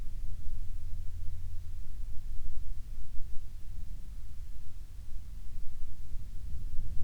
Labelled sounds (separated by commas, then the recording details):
near silence
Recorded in the Prudhoe Bay oil fields, Alaska, on 7 August 2019 at 14:44
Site 17